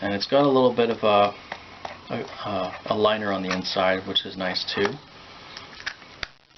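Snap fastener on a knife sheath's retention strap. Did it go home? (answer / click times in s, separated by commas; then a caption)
yes / 6.2 s. Someone talks over the first five seconds, then the retention strap on a leather knife sheath for a Ka-Bar Heavy Duty Warthog knife is pressed closed over the handle. Its snap fastener clicks shut sharply at 6.2 s, after a few faint ticks, and the strap is seated.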